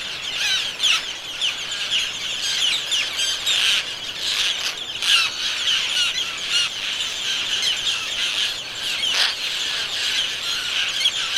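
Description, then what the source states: Roseate terns giving harsh, scratchy calls in a constant overlapping chorus, with several louder bursts breaking through. General vocalizations of a seabird.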